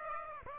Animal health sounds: mosquito wingbeat signal from an infrared sensor; Aedes aegypti

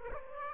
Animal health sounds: mosquito wingbeat signal from an infrared sensor; Aedes aegypti

